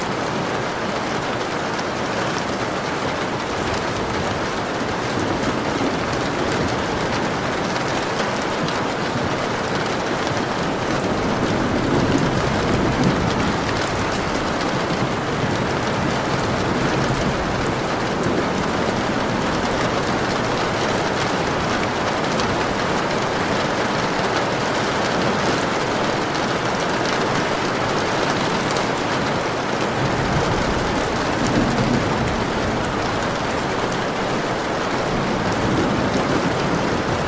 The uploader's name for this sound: Storm